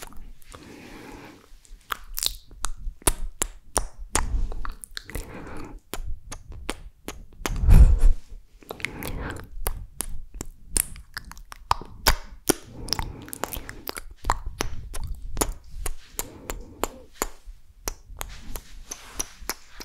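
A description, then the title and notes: Mouth and chewing sounds: a steady run of wet clicks, smacks and pops, coming several times a second at an irregular pace. Softer squelching fills the gaps, and a heavier, lower thump stands out just before the eight-second mark. ASMR Mouth Sounds Chewing Sounds.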